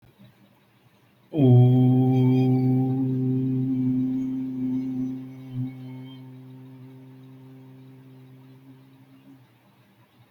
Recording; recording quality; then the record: sustained vowel as in boot; excellent, no background noise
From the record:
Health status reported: healthy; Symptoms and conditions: none ticked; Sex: male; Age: 20 years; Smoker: not ticked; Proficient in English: yes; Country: India